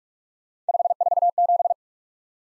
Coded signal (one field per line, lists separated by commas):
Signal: Morse code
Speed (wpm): 44 wpm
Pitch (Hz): 700 Hz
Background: none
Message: 547